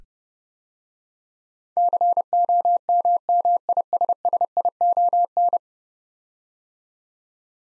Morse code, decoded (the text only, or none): COMMISSION